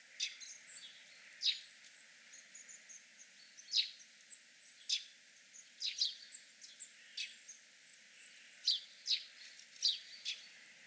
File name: House Sparrow